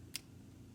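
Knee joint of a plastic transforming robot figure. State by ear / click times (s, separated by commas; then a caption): seated / 0.2 s. The plastic knee joint of a Deluxe Defender Torozord (GoTaurus) transforming robot figure from Power Rangers Lost Galaxy is moved and clicks into place with a single sharp tick at 0.2 s, against a quiet low background. The joint seats, but it feels loose and too free.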